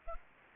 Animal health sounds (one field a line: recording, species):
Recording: mosquito wingbeat signal from an infrared sensor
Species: Aedes aegypti